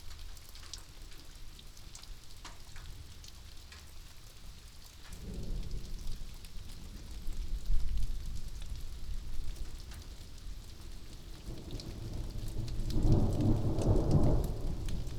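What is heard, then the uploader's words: Rain patters steadily throughout, a dense fizz of fine drops with scattered sharper ticks. Around five seconds a low rumble of thunder swells in and lingers, then a heavier, louder roll builds from about twelve seconds and peaks near fourteen before the end. This episode was recorded in Wyangala, NSW. We're setup at a covered picnic table and the rain has just set in. This recording was made with a Binaural Enthusiast dummy head, and processed with just a little reduction in the high mid-range.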